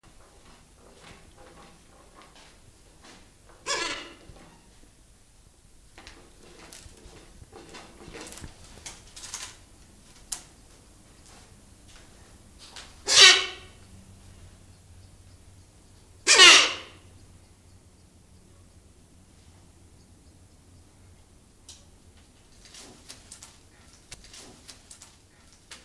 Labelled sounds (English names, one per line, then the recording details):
Silvery-cheeked Hornbill call
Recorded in captivity
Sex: pair
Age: adult
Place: Zoo Berlin, Berlin, DE
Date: 2001-01-05 13:29
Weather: bedeckt, 5°C
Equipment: Nagra SN, Kopie Uher 4000 Report Monitor
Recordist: Tembrock, Günter